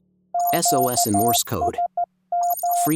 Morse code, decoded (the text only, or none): QSM